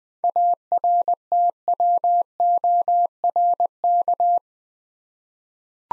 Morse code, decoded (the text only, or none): ARTWORK